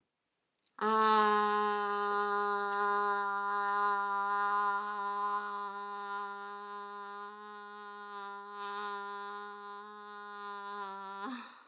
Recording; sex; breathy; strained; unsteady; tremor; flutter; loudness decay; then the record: sustained vowel /a/; female; absent; present; present; absent; absent; absent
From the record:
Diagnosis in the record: healthy control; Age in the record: 61 years